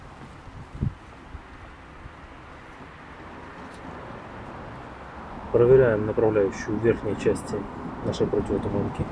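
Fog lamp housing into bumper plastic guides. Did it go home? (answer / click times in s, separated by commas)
no / none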